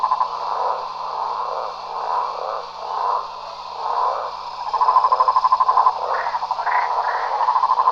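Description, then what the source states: Frogs croaking in a dense, continuous marsh chorus of rough, pulsing mid-pitched calls that swell and fade, with a low steady hum underneath. Frogs in countryside marsh ambience, France.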